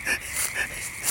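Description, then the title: Frogs calling in short pulsed bursts about half a second apart, layered over a constant background chorus. Pond at Knickerbocker, frogs back in full force, pond somewhat low, frog eggs and tadpoles present. "The Frogs of Knickerbocker"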